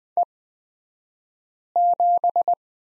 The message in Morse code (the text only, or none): E7